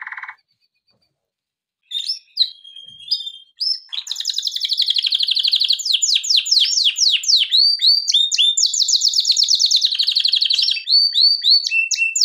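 Canary song starting with scattered chirps and a whistled note, then building into a long continuous series of fast sweeping trills.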